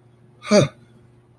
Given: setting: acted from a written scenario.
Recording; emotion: vocal sound without words; neutral